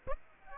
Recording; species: mosquito wingbeat signal from an infrared sensor; Aedes aegypti